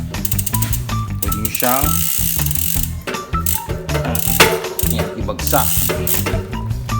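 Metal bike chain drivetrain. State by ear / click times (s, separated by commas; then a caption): not seated / none. A missing link is being fitted to join a new bicycle chain, with the crank pushed down to pull the metal link plates together. Ratcheting, mechanical clicks from the drivetrain are heard over background music while someone talks. Nothing has seated or locked yet.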